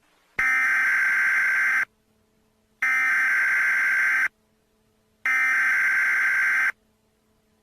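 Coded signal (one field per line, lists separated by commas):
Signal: Emergency Alert System (SAME) tones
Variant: header bursts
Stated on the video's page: Mock-up of a failed Required Monthly Test.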